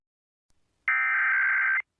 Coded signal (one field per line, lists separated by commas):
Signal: Emergency Alert System (SAME) tones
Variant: header bursts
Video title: All EAS alerts I played on WXRchive on iPad Air 2